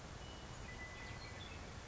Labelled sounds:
Western Meadowlark

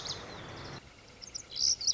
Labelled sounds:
Lazuli Bunting

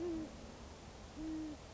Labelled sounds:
Great Horned Owl

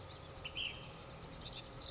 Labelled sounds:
Ash-throated Flycatcher

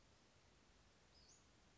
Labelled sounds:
Western Flycatcher

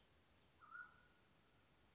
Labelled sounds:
Mountain Quail

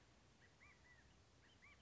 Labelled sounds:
California Quail

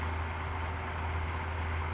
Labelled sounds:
California Towhee

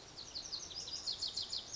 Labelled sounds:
Lazuli Bunting

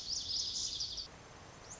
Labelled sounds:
Lazuli Bunting

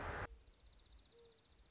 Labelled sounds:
Dark-eyed Junco

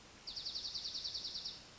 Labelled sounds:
Dark-eyed Junco

